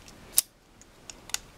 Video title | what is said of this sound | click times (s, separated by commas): Metal Build Freedom Gundam Review | and just snaps in place | 0.4 s